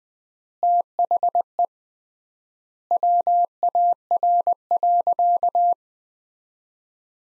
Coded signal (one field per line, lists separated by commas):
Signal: Morse code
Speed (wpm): 20 wpm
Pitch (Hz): 700 Hz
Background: none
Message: THE WAR.